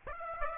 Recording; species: mosquito wingbeat signal from an infrared sensor; Aedes aegypti